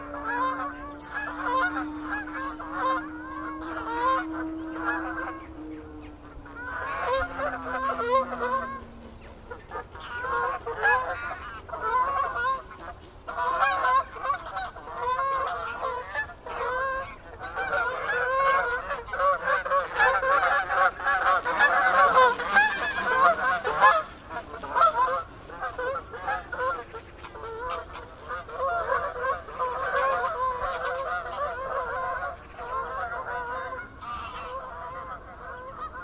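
A large gaggle of geese honks and cackles almost without pause, a dense, overlapping chorus of nasal calls. The clamour swells to its busiest around the middle, then eases slightly. A low steady tone hums underneath for the first nine seconds.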